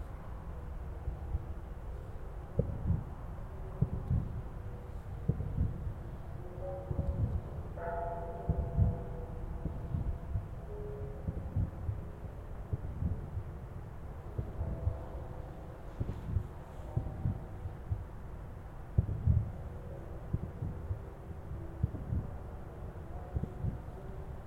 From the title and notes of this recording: Temple bells and rural sounds on New Year's Eve and midnight fireworks celebrating the new year. This field recording was made in a riverside park in Moriyama City, Shiga Prefecture, Japan.